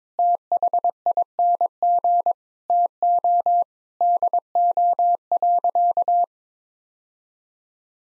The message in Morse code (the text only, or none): THING TO DO.